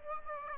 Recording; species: mosquito wingbeat signal from an infrared sensor; Aedes aegypti